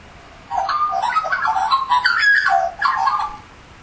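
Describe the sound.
Australian magpie giving a loud, flute-like warbling phrase of mellow gurgling notes that rise and fall for about three seconds.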